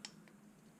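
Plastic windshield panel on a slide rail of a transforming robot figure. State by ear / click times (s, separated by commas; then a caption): not seated / none. The plastic windshield panel of a transforming robot figure, from the Transformers Rise of the Beasts line, is handled on its slide rail as it is moved down toward its final position. Two light plastic ticks are heard at about 0.0 s and 0.3 s over a low, steady background hum. Nothing has seated or clicked into place yet.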